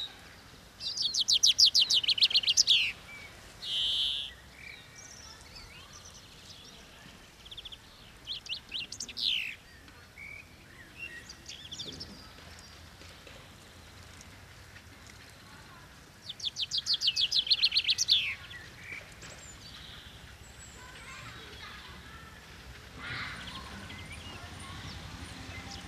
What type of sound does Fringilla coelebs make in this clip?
song